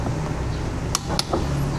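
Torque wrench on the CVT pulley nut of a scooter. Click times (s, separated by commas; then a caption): 1.0 s, 1.2 s. A torque wrench set to 54 Nm tightens the CVT pulley nut on a Honda ADV 160 scooter while a flywheel holder holds the pulley. Sharp clicks ring out at 0.9 and 1.2 s as the wrench breaks over, confirming the nut has reached its torque setting.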